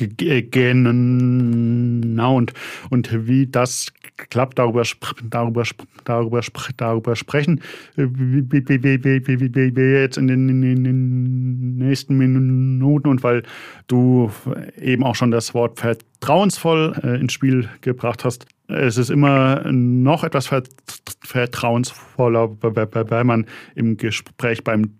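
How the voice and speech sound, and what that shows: A man speaking conversational German repeats a whole word four times before going on, and a rapid burst of repeated syllables stalls another phrase. Short repeats, stretched sounds and fillers recur. These repetitions are typical of stuttering.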